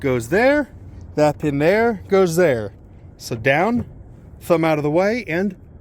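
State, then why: Not seated. A man talks while the removable roof panel of a 2009 Chevy Corvette 2LT is lowered onto its locating pins and pressed down toward its latch, with a low steady background hum throughout. Nothing has seated or clicked yet; the clip ends before the latch clicks into place and locks.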